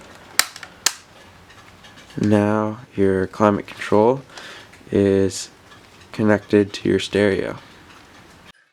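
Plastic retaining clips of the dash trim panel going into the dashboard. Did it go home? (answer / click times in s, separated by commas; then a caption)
yes / 0.4 s, 0.9 s. On a BMW E90 during an EONON GA6165 7-inch touchscreen install, the plastic stereo bezel trim panel is pressed home into the dashboard at its two retaining clips, one after the other. Two sharp, loud snaps ring out at 0.4 s and 0.9 s as the clips pop into place and the trim is seated. Afterward someone talks.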